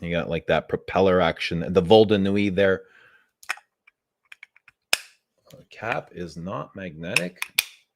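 Someone talks while handling the heavy, non-magnetic cap of a perfume bottle, with a few small taps and knocks of the cap against the bottle in the pauses. The cap is being brought back onto the bottle neck, but nothing has seated or clicked into place yet.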